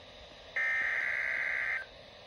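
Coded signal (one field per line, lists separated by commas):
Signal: Emergency Alert System (SAME) tones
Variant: header bursts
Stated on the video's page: Flash Flood Warning and Tornado Warning received back to back on NOAA Weather Radio.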